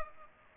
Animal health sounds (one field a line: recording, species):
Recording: mosquito wingbeat signal from an infrared sensor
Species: Culex pipiens